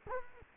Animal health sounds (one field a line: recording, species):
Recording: mosquito wingbeat signal from an infrared sensor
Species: Culex quinquefasciatus